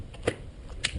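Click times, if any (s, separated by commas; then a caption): 0.8 s. A removable battery for a Stromer e-bike is slid into the frame's down tube, with soft sliding contact and brief ticks around 0.1 and 0.3 seconds. A sharp click at 0.9 seconds marks the battery locking into place, seated and sealed.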